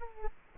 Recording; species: mosquito wingbeat signal from an infrared sensor; Culex quinquefasciatus